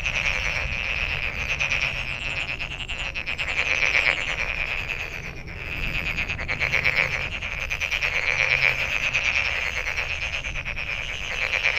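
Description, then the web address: Frogs calling en masse, dense pulsed rattles running nonstop, pulsing in intensity. Recorded 23 May 2008. "frog frog 20080523"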